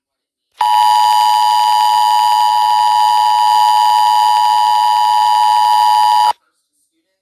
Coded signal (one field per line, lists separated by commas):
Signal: Emergency Alert System (SAME) tones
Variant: 853 and 960 Hz attention tone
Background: speech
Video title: EAS Animated 2: Bus Safety Issue Warning For California